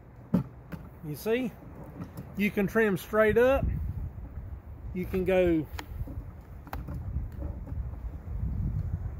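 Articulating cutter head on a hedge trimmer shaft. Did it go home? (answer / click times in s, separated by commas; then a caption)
yes / 6.7 s. Someone talks while the articulating cutter head on the shaft of a new hedge trimmer is swung to a new angle. It locks into its detent with a sharp click at 6.7 s, and the head is seated in place.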